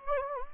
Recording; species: mosquito wingbeat signal from an infrared sensor; Anopheles gambiae